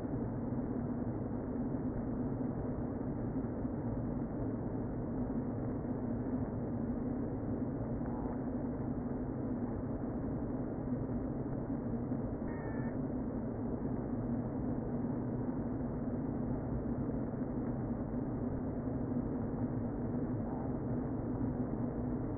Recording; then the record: honeybee colony, microphone inside the hive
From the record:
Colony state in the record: queen present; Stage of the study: before two queens were removed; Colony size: about 60,000 bees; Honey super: yes